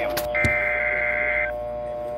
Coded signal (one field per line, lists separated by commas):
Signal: Emergency Alert System (SAME) tones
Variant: header bursts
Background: speech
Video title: EAS/NWR Alert or message #294-295: 11th Severe Thunderstorm Warning